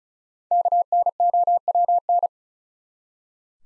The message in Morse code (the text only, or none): KNOWN